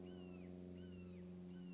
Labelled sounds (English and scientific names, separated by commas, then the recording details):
Red-shouldered Hawk (Buteo lineatus)
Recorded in Sonoma County, California